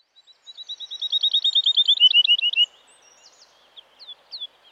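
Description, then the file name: Woodlark song: a descending string of fluty repeated notes lasting about two seconds, followed by a few scattered high notes. "Woodlark (Lullula arborea)"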